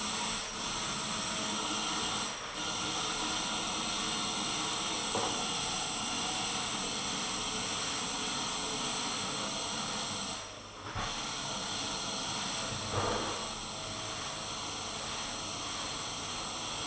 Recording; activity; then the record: daily activity, microphone in the room; vacuum cleaning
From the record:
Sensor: 4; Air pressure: 995.3 hPa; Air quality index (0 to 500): 199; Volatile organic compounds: 147 ppm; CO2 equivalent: 4008 ppm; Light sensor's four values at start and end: 9/22/8/9 and 9/22/8/10